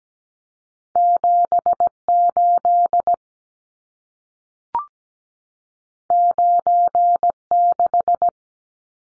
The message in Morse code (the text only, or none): 78 96